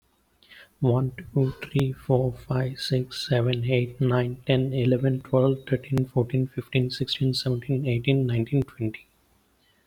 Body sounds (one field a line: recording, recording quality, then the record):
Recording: counting at a fast pace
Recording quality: excellent, no background noise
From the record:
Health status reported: COVID-19 positive, moderate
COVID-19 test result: positive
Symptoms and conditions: breathing difficulty, fever, fatigue, muscle pain, loss of smell and taste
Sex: male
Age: 27 years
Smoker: not ticked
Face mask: not worn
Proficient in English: yes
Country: India